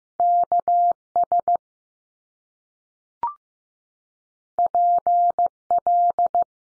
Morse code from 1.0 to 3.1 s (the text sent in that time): S